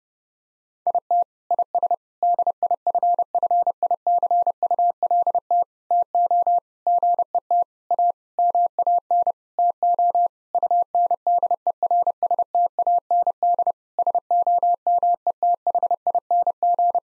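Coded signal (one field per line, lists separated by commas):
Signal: Morse code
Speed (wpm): 32 wpm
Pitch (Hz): 700 Hz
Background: none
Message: IT IS DIFFICULT TO GET A MAN TO UNDERSTAND SOMETHING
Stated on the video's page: Morse code sentence copying practice at 30 wpm built from common nine-word phrases; each sentence is sent in Morse, then spoken, then sent again.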